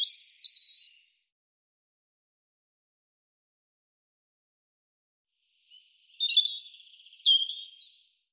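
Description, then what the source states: European robin singing two separate high, sparkling phrases, the first brief, then about four seconds of silence before a longer, varied warble. Recorded 2025.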